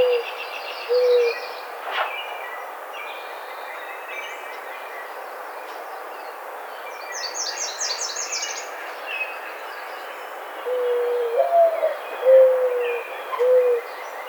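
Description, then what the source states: Mourning dove giving a couple of soft coos at the start and one coo phrase near the end, a low note lifting then dropping into steady coos, with chirping songbirds scattered in between in the background. Recorded on 5 May 2009.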